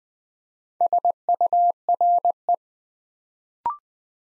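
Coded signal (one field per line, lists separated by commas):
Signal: Morse code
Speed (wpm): 20 wpm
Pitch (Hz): 700 Hz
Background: none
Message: SURE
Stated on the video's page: Morse code practice at 20 wpm, building 3- to 5-letter words one letter at a time, for instant character recognition.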